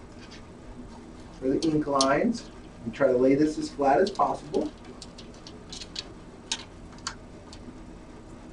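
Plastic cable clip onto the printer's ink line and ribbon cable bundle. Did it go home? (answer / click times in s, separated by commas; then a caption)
yes / 6.5 s. A plastic cable retaining clip is wedged down over the ink lines and ribbon cables of a DTG M2 printer head while someone talks. A series of small clicks and taps follows the speech, and the clip snaps home into its hole with a sharp click at 6.5 s, seating in place.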